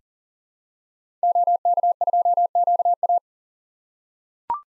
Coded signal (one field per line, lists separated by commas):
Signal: Morse code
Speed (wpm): 40 wpm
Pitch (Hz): 700 Hz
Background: none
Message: OK2QA